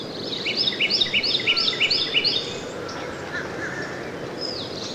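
Northern cardinal song: a quick run of clear, slurred whistles lasting about two seconds, followed by quiet.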